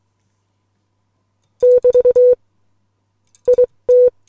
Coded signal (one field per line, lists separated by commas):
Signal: Morse code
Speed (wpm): 21 wpm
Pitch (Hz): 500 Hz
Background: none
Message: <BT> IT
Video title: Morse Code Poem - Ocean - Les Logan SpeedX model 500